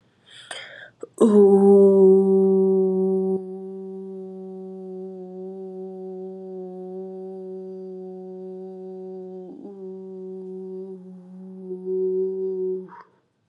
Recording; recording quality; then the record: sustained vowel as in boot; excellent, no background noise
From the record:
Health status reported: COVID-19 positive, mild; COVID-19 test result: positive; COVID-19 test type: RT-PCR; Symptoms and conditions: cough, cold, sore throat, fever, fatigue, muscle pain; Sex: female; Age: 29 years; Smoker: no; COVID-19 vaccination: both doses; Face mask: not worn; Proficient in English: yes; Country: India